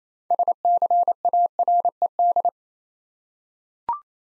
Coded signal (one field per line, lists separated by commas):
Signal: Morse code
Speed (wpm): 29 wpm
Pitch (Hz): 700 Hz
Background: none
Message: SCARED